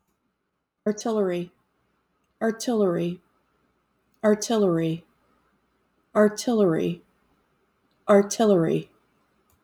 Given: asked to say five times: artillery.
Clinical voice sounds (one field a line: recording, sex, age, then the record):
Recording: repeated word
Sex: female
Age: 40 to 49 years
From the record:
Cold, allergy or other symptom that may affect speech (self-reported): no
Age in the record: 49 years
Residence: North Carolina, United States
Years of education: 16